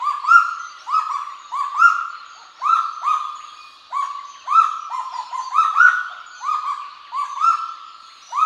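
Kagu producing a rapid run of nasal, upslurred notes, some overlapping as if two birds call together.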